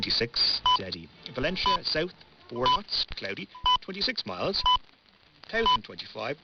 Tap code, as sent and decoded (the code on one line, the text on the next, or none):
none